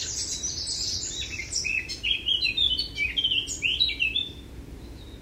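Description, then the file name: Eurasian blackcap song: a fast, varied warble of high chattering notes sliding into clearer fluted phrases in the middle, fading toward the end over a steady low background hiss. "Sylvia atricapilla"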